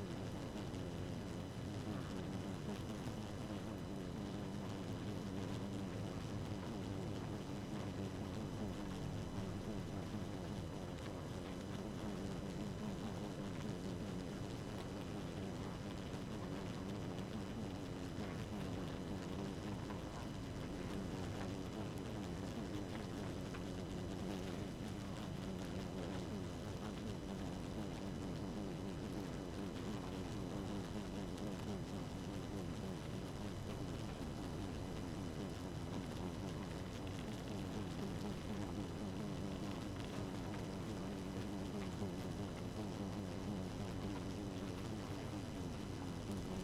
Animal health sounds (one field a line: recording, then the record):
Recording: honeybee colony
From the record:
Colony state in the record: active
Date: 12 June 2018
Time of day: 1:29